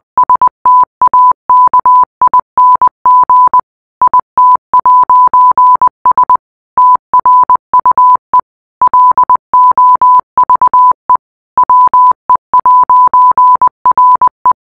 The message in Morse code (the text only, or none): STAKING IT'S TRUE LOVE WE'RE